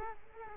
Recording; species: mosquito wingbeat signal from an infrared sensor; Culex quinquefasciatus